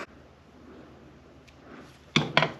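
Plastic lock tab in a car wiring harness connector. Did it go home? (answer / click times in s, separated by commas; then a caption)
released / 2.2 s, 2.4 s. A small plastic locking tab is pulled out of a Camaro wiring harness connector, giving two sharp clicks at 2.2 s and 2.4 s after a quiet stretch. The lock comes free and the connector is released.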